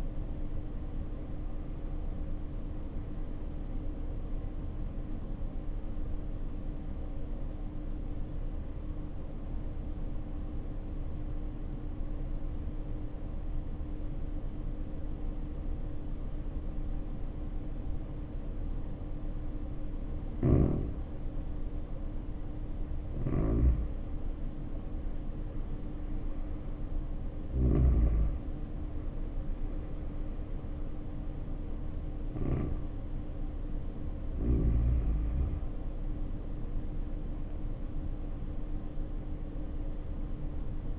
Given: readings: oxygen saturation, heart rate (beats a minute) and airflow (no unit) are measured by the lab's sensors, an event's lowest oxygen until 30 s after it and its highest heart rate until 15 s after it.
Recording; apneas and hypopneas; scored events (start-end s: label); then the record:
breathing in sleep by a smartphone at the bedside; 1
7.00-21.00 s: obstructive apnea (N1, oxygen 95% highest, then 85% lowest, heart rate 61 at the start, 68 highest)
From the record:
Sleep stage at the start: N1 (lightest sleep); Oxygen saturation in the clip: 85 to 95%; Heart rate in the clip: 59 to 68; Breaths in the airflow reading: 5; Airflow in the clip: -6.0 to 6.7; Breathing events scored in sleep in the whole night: 520 in 7.2 hours asleep